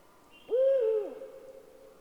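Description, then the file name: Eurasian eagle-owl giving one deep hoot with a falling finish, a faint higher thin tone audible just before it. "puchacz zwyczajny Bubo bubo"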